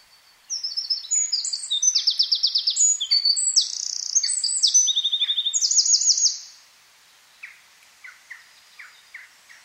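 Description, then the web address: Eurasian wren singing a loud, very high, rapid song of mixed trills and sharp notes for about six seconds, then a few faint scattered chips. "SETE data Troglodytes troglodytes"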